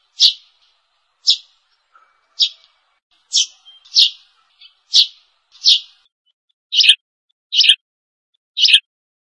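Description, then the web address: Sparrow giving repeated sharp chirps, ten notes spaced about a second apart. Lure call. "animal sparrow-lure-call"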